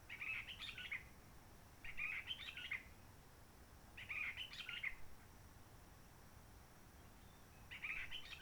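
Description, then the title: Réunion bulbul giving four short warbled, chirping phrases with pauses between, against gentle background noise. Roche Merveilleuse, Réunion; forest quiet since 19 March 2020, no visitors, microlights or helicopters; sunny blue sky; birds not yet active in long-distance communication; sings simpler, short phrases adapted to noise pollution. "Roche Merveilleuse, Réunion - Merle de lîle de la Réunion."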